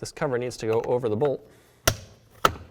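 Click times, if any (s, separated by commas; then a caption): 1.9 s, 2.5 s. Someone talks, then a plastic bolt cover is pressed over the bolt on the door trim of a 2008–2012 Ford Escape during a front window regulator replacement. Two sharp snaps are heard at 1.9 s and 2.5 s, and the cover is seated.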